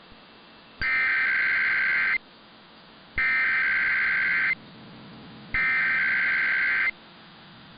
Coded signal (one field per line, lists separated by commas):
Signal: Emergency Alert System (SAME) tones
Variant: header bursts